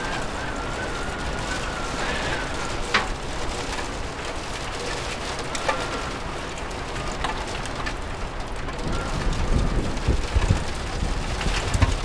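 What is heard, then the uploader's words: Rain keeps up a steady, dense patter for the whole stretch, with a low rumble running underneath. Short sharp ticks and knocks cut through now and then, and near the end a few heavier, louder taps and bumps stand out. COSY RAIN • A Desk in Front of a Rainy Window Is the Perfect Place to Study.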